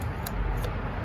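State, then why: Not seated. The wiring connector is being handled onto the ignition coil on the engine of a 2013–2017 Honda Accord, Civic or CR-V 2.4 during a spark plug replacement, a plug whose plastic latch clicks when pushed home. There is low, steady handling noise with a brief faint tick at 0.3 s. Nothing has seated or clicked yet.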